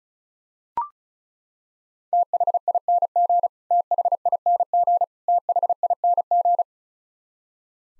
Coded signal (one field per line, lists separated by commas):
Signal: Morse code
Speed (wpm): 36 wpm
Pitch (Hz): 700 Hz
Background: none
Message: THING THING THING